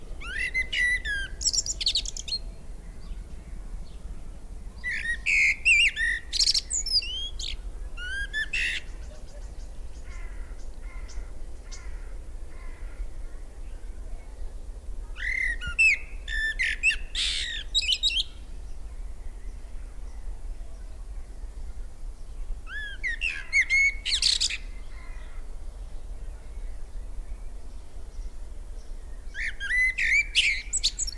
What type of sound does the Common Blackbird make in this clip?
song